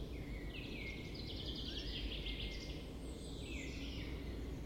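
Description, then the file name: Common chaffinch song: a rapid cascading series of notes dropping in pitch, ending in a quick flourish, heard through heavy steady background noise. "Fringilla coelebs"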